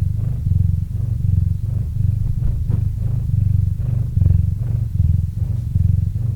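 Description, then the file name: Cat's low purr, continuous throbbing buzz rising and falling with each breath, even rhythm throughout. Cat named Murchik purring into a microphone. "Kot Murchik - Murchanie kota kot murchal v mikrofon"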